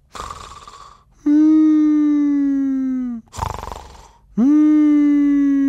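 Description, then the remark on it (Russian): Plaintive snoring of Uncle Julius, heard from behind the doors, most likely imitated by a voice: two cycles, each a rough, hissing breath followed by a long, loud, whining tone that sags slightly in pitch. “Но потом дяде Юлиусу приснился, видимо, кошмар, потому что его храп стал звучать так жалобно.”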